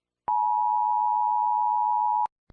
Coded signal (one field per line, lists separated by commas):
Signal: Emergency Alert System (SAME) tones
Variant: 853 and 960 Hz attention tone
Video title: EAS Scenario - The Deadly Big One (Part 2)